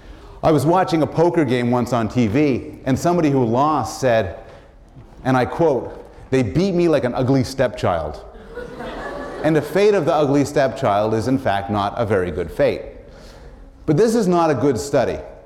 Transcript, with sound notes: I was watching a poker game once on TV and somebody who lost said, and I quote, “They beat me like an ugly stepchild” [laughter] and the fate of the ugly stepchild is, in fact, not a very good fate but this is not a good study.